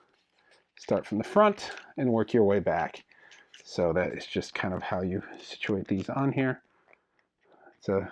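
A plastic shoulder pad cap is pressed onto the shoulder of a Jada Toys Street Fighter II action figure, front first and then the back, while someone talks. Two faint, brief ticks are heard at 6.9 s and 7.2 s during a pause. Nothing has snapped into place yet by the end.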